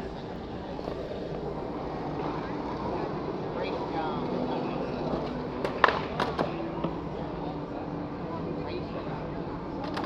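Washington Square Park, with a steady murmur of overlapping voices and low traffic hum, plus a few sharp clacks around six seconds.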